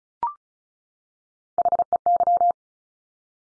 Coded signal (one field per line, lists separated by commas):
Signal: Morse code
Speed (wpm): 36 wpm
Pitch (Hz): 700 Hz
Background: none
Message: HEY